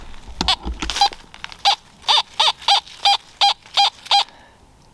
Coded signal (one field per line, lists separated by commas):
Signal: none